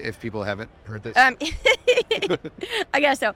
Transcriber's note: laughs